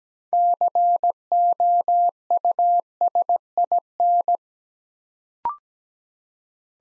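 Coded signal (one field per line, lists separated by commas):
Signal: Morse code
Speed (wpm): 17 wpm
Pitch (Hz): 700 Hz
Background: none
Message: COUSIN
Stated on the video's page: Morse practice at 17 wpm building six-letter words two letters at a time, for ICR training.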